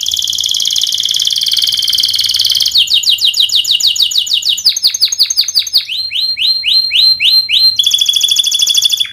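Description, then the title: Canary song, a continuous run of rapid trills that changes pace several times, from buzzy rolls to slower repeated whistled notes. Vigorous canary singer ('gacor') praised for the best 'cengkok' song phrasing and the most luxurious 'isian' fill-in notes; Indonesian songbird-keeping (kicaumania) context. "Kenari Gacor Cengkok Terbaik Isian Paling Mewah Kenarigacor Kicaumania Kenari"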